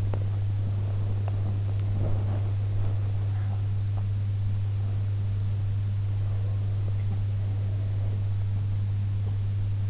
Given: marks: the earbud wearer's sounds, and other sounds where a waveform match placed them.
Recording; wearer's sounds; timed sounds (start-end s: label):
sounds in sleep by an in-ear microphone; teeth grinding
0.00-0.31 s: teeth grinding
1.12-3.74 s: sound from someone else or the room